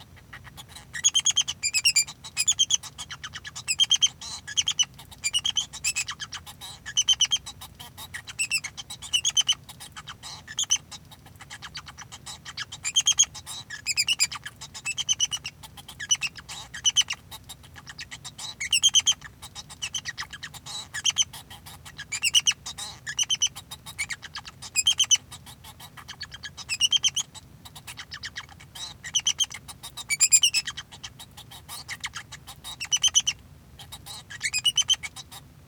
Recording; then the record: song of a male Bengalese finch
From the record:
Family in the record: son of father 2